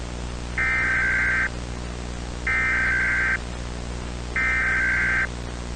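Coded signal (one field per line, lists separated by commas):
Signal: Emergency Alert System (SAME) tones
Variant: header bursts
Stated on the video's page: Homemade fictional American EAS scenario.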